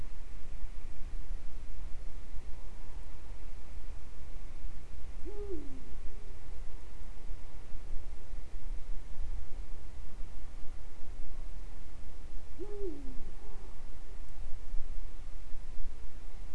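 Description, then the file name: Eurasian eagle-owl calling two deep hoots about seven seconds apart, each rising briefly then sliding down, with continuous low rumbling noise throughout. Recorded in Øygarden, Vestland, Norway, in 2020. "hubro oygarden 2020"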